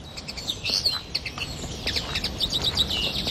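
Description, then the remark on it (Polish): Several resident birds in Poland sing and chirp at once in spring, high bright tweets and trills overlapping in a continuous chorus over a soft background hiss, with no talking. “Ptaszki śpiewają.”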